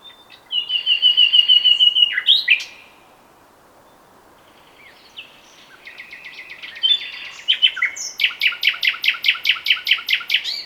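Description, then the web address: Common nightingale song: a loud rapid trill, a pause, then varied notes leading into a long fast series of repeated sharp notes. "SETE Luscinia megarhynchos"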